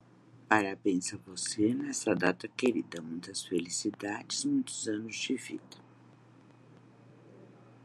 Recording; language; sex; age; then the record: short text; Brazilian Portuguese; female; 60 to 69 years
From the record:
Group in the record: control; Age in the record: 62 years